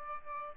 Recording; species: mosquito wingbeat signal from an infrared sensor; Aedes albopictus